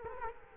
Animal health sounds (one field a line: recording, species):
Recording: mosquito wingbeat signal from an infrared sensor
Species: Culex quinquefasciatus